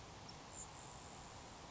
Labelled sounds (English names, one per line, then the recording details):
Grasshopper Sparrow
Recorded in Sonoma County, California